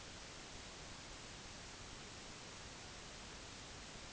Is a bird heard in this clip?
no